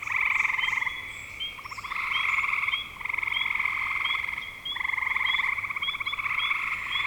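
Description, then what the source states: Frogs calling in a dense chorus, long overlapping pulsed trills with harmonics, rising and falling in loudness, brief chirping notes above throughout. Spring 2025.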